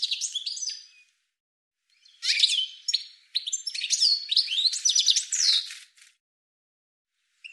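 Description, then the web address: Bird calls in dense bursts of high chirps and trills, a brief pause near two seconds, then a long busy run before tailing off. "cianscape birddata"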